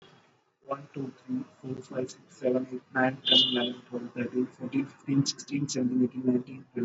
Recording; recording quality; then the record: counting at a normal pace; excellent, no background noise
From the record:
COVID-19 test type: RT-PCR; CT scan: not taken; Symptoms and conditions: cough, cold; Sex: male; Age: 20 years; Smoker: no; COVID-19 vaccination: both doses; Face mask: worn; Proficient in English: yes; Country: India